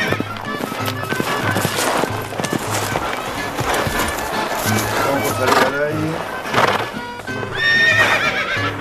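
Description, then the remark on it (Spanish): Horse hooves clip-clop in a steady rhythm while a horse neighs and whinnies several times, shrill and loud, over a busy, full mix of sound. “Buenas noches, amigos, aten los caballos al palenque, hemos llegado a caballito.”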